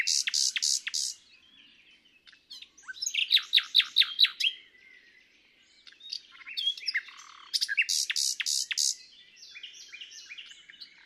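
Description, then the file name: Common nightingale song: loud repeated piping notes, a quick series of rising strokes, then scratchy varied phrases and another set of strong repeated notes. "Luscinia megarhynchos"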